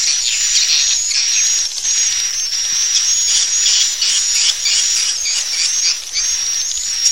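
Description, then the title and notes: Swiftlet twittering, a steady shrill stream of chirps above a high continuous tone, pulsing gently throughout. Swiftlet sound used for swiftlet farming in Asia. "Swiflet Bird Sound. Farming Swiflet Bird asia sound"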